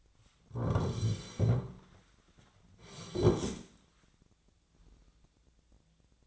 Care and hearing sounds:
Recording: daily activity, microphone in the room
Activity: sit down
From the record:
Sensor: 3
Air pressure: 1009.2 hPa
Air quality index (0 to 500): 186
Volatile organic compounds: 3 ppm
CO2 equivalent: 1498 ppm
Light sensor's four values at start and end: 33/83/38/38 and 47/120/53/53

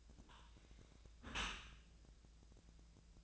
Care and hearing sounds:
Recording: daily activity, microphone in the room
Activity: close dishwasher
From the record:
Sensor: 2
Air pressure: 1000.4 hPa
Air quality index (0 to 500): 166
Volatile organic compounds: 3 ppm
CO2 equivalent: 1372 ppm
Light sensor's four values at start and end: 11/31/12/14 and 11/31/12/14

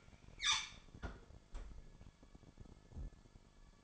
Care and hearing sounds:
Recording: daily activity, microphone in the room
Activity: close fridge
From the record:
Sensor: 5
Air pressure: 1007.9 hPa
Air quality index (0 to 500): 93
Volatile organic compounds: 1 ppm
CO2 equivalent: 730 ppm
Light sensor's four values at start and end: 46/105/44/47 and 44/101/43/45

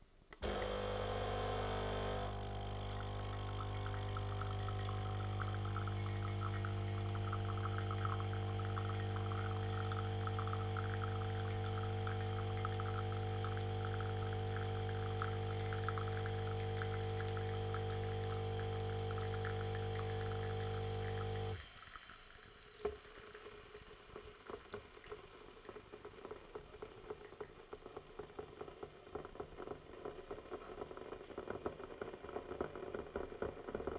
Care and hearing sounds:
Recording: daily activity, microphone in the room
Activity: make coffee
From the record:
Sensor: 4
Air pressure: 1015.5 hPa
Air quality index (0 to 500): 193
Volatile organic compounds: 9 ppm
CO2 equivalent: 2160 ppm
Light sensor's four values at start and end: 5/10/4/3 and 5/10/4/3

